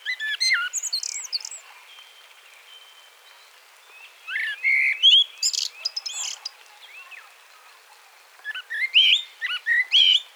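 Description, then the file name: Common blackbird singing short varied phrases of fluty and chattering notes, separated by quiet gaps of a few seconds. "Turdus merula"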